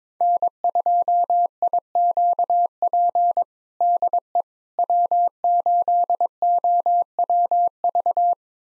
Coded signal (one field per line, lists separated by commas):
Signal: Morse code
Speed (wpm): 22 wpm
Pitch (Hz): 700 Hz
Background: none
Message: N2IQP DE W8OWV